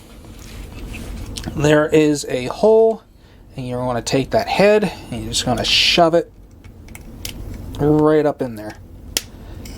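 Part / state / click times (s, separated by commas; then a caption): small figure's head into the toy's socket / seated / 9.2 s. Someone talks while shoving the plastic head of the small Krunk figure up into a hole in the Transformers Earthrise Snapdragon toy. The head seats with a sharp snap at 9.2 s.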